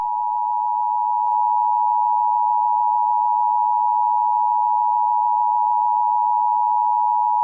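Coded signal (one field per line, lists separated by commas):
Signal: Emergency Alert System (SAME) tones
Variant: 853 and 960 Hz attention tone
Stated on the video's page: Fictional EAS scenario, not a real alert.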